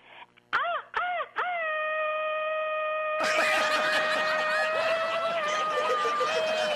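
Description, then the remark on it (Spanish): A Mexican grito: a few short rising yelps, then a long, loud, sustained high cry that holds steady while a noisy crowd cheers and shouts over it. “Pero bueno, aquí va el grito en pausa, pero aquí va.”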